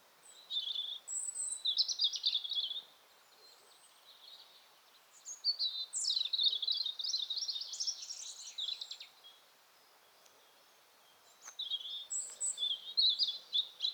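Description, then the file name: European robin song: three phrases of high, fluid warbling and trilled notes, separated by quiet gaps of a few seconds. "Erithacus rubecula"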